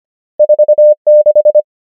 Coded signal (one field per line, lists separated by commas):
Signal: Morse code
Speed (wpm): 25 wpm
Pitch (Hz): 600 Hz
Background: none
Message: 4 6